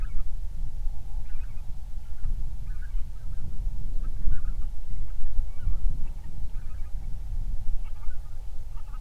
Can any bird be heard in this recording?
yes